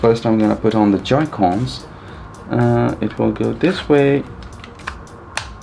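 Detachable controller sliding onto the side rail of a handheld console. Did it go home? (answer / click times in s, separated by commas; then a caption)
yes / 5.4 s. Someone talks, then a detachable plastic Joy-Con controller is slid down the side rail of a Nintendo Switch OLED handheld console. Light clicks and rattles follow, and the controller locks into place with a sharp click at 5.4 s.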